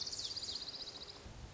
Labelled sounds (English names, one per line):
Lazuli Bunting